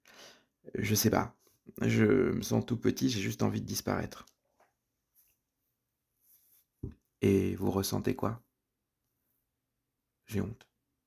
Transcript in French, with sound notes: – Je ne sais pas. Je me sens tout petit. J’ai juste envie de disparaître. – (silence du thérapeute) Et vous ressentez quoi? – J’ai honte.